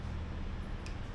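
After the key is turned back, the manual-release cover on a sliding-gate motor housing is slid down and closed over a steady low hum. One short, sharp hit sounds at 0.9 s as the cover closes, and the motor is locked again.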